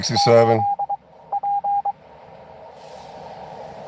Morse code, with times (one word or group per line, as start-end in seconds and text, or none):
0.2-0.9 8
1.3-1.9 P